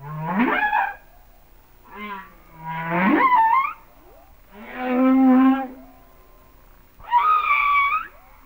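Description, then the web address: Humpback whale song: five harmonic units, some sweeping sharply upward, others steady wavering moans, separated by short pauses. "Natures Songs Whale Songs Sounds of Nature - Humpback Whales"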